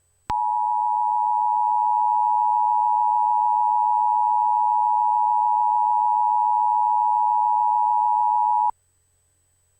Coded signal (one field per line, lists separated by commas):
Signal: Emergency Alert System (SAME) tones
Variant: 853 and 960 Hz attention tone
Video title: Iowa State Emergency Alert System Tests - January 2nd, 2019